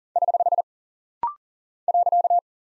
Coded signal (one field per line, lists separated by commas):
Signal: Morse code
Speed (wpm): 39 wpm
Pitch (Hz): 700 Hz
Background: none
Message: <HH> .